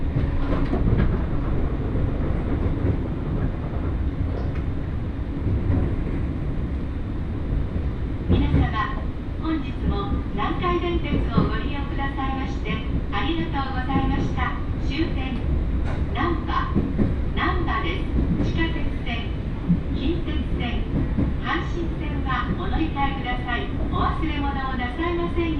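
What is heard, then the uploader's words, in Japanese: A train ride on a railway trip, with a steady low rumble and rattle running the whole way through. From about eight seconds a voice starts speaking, likely an announcement or passenger, continuing in short phrases over the constant rolling noise until the end. 鉄道旅 汐見橋→岸里玉出→なんば→大物。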